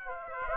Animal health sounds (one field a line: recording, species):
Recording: mosquito wingbeat signal from an infrared sensor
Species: Aedes aegypti